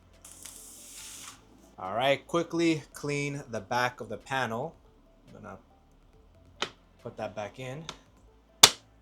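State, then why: Seated. Someone talks while the cleaned side panel of a Lian Li A3-mATX PC case is put back onto the case. It snaps into place easily with a sharp, loud snap at 8.6 s.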